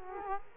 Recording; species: mosquito wingbeat signal from an infrared sensor; Culex quinquefasciatus